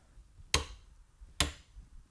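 A click-type torque wrench clamped in a vise is pulled until its mechanism reaches the set torque. Two sharp, broadband clicks ring out at 0.5 s and 1.4 s over a quiet background. The clicks signal that the screw is tight enough.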